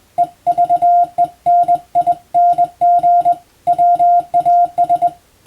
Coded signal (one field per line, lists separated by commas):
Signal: Morse code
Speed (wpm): 20 wpm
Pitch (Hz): 700 Hz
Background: none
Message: EVENING WAS